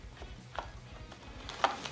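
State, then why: Seated. A RAM module is pushed down into a motherboard DIMM memory slot until its plastic retention clips snap shut. Faint handling noise leads up to short taps near 0.6 s and 1.5 s, then a sharp click at 1.6 s as the module clips in and seats, followed by a lighter tick around 1.9 s.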